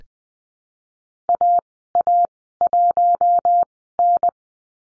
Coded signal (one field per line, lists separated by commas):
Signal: Morse code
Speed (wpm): 20 wpm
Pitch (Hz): 700 Hz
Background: none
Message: AA1N